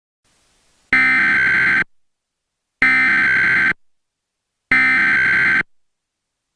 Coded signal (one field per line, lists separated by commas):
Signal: Emergency Alert System (SAME) tones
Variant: header bursts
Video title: SOLAR ECLIPSE EAS SCENARIO